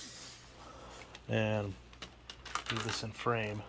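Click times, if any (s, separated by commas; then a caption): none. A plastic vacuum wand is handled at its holder on the upright body of a Dyson DC03 Absolute+ vacuum cleaner, with the release button being pressed and the wand pushed down. Someone talks while a few short, light plastic knocks and rattles are heard. Nothing has seated or clicked into place yet.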